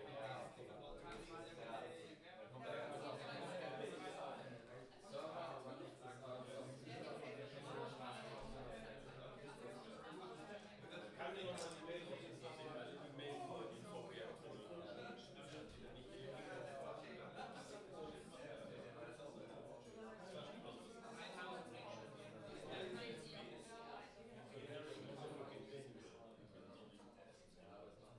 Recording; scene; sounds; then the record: everyday scene through a hearing-aid microphone; many people talking; many voices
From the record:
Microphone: in the ear canal, left